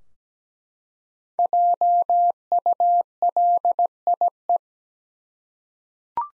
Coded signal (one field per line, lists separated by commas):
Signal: Morse code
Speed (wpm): 17 wpm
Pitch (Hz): 700 Hz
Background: none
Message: JULIE